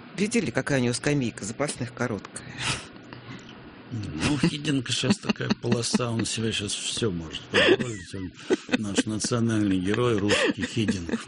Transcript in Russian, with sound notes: Видели, какая у него скамейка запасных короткая? (смеется)
Ну, у Хиддинка сейчас такая полоса, он себе сейчас все может позволить, он наш национальный герой русский, Хиддинк.